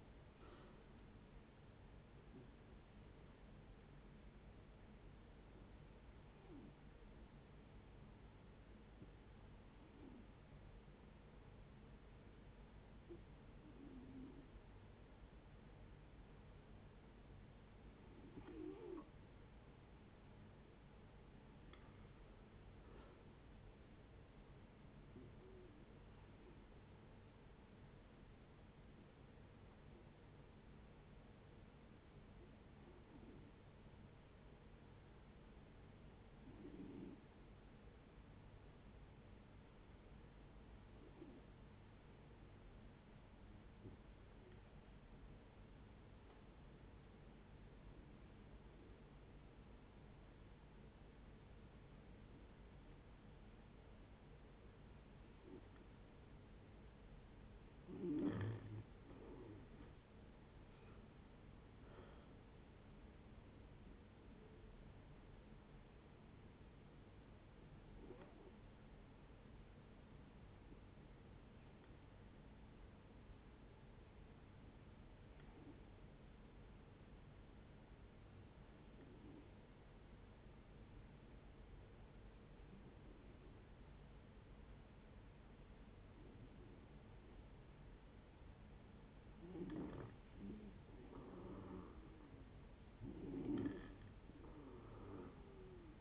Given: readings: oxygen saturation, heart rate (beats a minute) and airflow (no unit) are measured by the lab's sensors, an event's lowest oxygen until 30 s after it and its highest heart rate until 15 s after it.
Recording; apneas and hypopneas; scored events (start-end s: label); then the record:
breathing in sleep by a voice recorder at the bedside; 3
6.00-21.40 s: hypopnea (N1, oxygen 92% highest, then 89% lowest, heart rate 73 at the start, 75 highest)
29.00-57.10 s: hypopnea (N1, oxygen 93% highest, then 86% lowest, heart rate 69 at the start, 78 highest)
46.00-96.01 s: new sleep stage, N2 (light sleep)
64.00-87.30 s: hypopnea (N2, oxygen 93% highest, then 86% lowest, heart rate 78 at the start, 78 highest)
From the record:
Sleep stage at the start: N1 (lightest sleep); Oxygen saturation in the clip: 83 to 93%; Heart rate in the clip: 58 to 78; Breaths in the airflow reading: 26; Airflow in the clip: -11.8 to 12.8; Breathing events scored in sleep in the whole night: 496 in 5.4 hours asleep